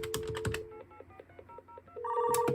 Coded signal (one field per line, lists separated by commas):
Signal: DTMF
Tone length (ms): 100 ms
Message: 884002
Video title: Custom TDM telephone switch using Dialogic voice boards